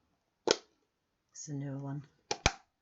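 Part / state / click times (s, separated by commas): ink pad lid onto its plastic case / seated / 2.3 s, 2.5 s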